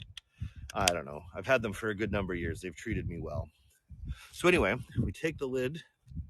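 Someone talks while handling the lid of a maple sap collection bucket, which hooks onto the spile, getting ready to fit it. Two brief sharp ticks are heard near the very start, then speech fills the rest of the clip. The lid has not snapped into place yet, and nothing has seated or clicked.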